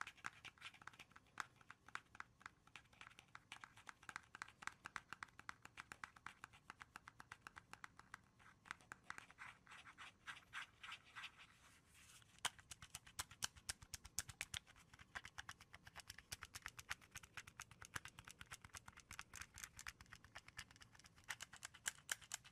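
Dry tapping and scratching on wood, cork and cardboard, with no talking. The first half is a dense, fast patter of light scratches; after about twelve seconds the taps turn sharper, louder and more spaced, over a faint low hum.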